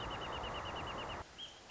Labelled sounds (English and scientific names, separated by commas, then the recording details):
Wrentit (Chamaea fasciata)
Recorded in Sonoma County, California